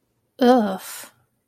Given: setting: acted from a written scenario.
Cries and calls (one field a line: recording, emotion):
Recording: vocal sound without words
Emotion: contempt